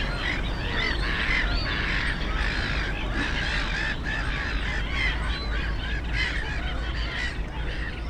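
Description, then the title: Black-headed gulls calling constantly, many harsh screeching notes overlapping, with a heavy low hum of passing traffic in the background. Many black-headed gulls, the loudest birds, at ponds in the Frog Ponds nature complex on former coal-mining land, Bytom, Poland; nearby DK79 road and railway noise. "Żabie Doły, Bytom, Polska - Black-headed gulls at Frog Ponds complex"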